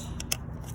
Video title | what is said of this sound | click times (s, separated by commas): My TURBO Inlet BROKE | Cool, that snapped into place. | 0.2 s, 0.3 s